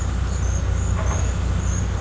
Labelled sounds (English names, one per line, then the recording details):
none
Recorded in pastures near Puerto Asís, Putumayo, Colombia, on 20 December 2024 at 10:30
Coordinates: 0.466, -76.322
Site G040